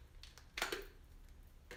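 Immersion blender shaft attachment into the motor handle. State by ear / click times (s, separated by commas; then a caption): seated / 0.6 s. The emulsifier shaft attachment of a hand immersion blender is twisted onto the motor handle after it first would not lock. A few faint ticks come before a sharp click at 0.6 s as it locks in place, with another light tap near 1.7 s. The attachment is seated and locked onto the motor body.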